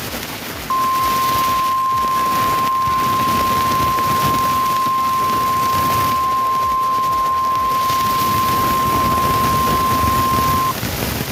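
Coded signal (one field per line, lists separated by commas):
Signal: Emergency Alert System (SAME) tones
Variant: 1050 Hz attention tone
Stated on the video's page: Fire warning on a digital TV subchannel.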